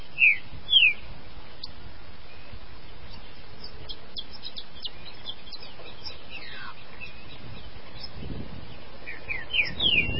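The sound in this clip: Green-winged saltator song: two loud descending whistled slurs at the start and more near the end, with faint whistles and low background noise between.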